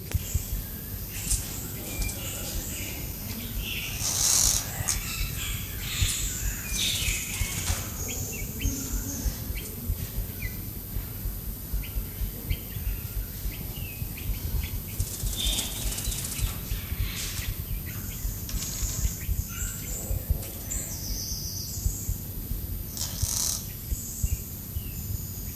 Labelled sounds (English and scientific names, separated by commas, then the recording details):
Bearded Barbet (Lybius dubius) call
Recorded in captivity
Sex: group
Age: adult
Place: Zoo Berlin, Berlin, DE
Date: 2005-09-01 15:33
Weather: sonnig, 24°C
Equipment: Panasonic RQ-2102, Sennheiser ME 80, Kopie Uher 4000 Report Monitor
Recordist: Tembrock, Günter
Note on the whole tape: Mehrere Tiere, sitzen beieinander: Lautfolgen